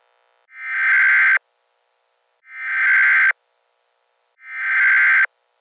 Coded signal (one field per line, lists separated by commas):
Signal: Emergency Alert System (SAME) tones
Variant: header bursts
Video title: EAS Scenario - Wasting in the Sun